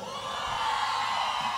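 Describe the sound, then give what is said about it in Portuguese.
An audience at a live show in Valente, Bahia, Brazil, in 2022 whoops and screams in a steady, high-pitched roar that holds at an even loudness throughout, ending with a brief low thump. “Rapaz, cadê o gritinho?”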